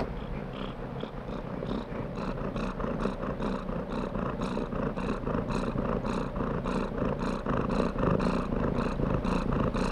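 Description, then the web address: Domestic cat purring, a steady low rumble pulsing about four times a second for the whole stretch, with no clear meow standing out. Contented domestic cat purring while being petted. "cat purring and meowing animal purring contented animal x purring being petted anima"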